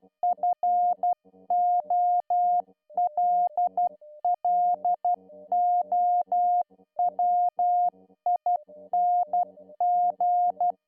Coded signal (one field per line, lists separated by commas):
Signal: Morse code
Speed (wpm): 12 wpm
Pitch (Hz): 710 Hz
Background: music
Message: FOLLOWING